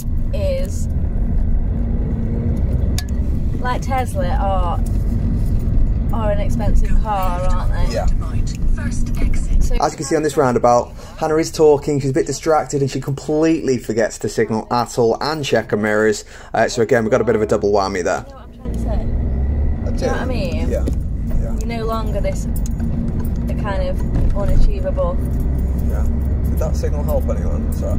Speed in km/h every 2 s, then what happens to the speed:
34, 35, 39, 34, 21, 8, 0, 0, 18, 23, 29, 32, 37, 39.
0-5 steady at about 35. 5-12 brakes to 0. 12-14 standing. 14-28 pulls away to 39.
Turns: none.